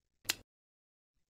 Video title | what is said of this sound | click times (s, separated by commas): Keyless locking shaft coupling - Shrink Discs 2011 E | You will hear a click sound from torque wrench if bolt is tightened. | 0.3 s